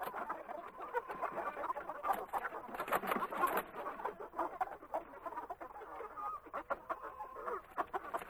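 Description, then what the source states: Chickens clucking and squawking in a dense, overlapping chorus of short, busy calls, with a few louder harsh notes near the middle. Chickens in a chicken coop.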